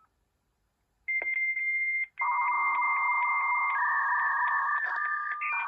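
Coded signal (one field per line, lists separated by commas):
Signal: dial-up modem handshake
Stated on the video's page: 300 bps dial-up modem handshake from a Dell Latitude D600 laptop running Windows XP.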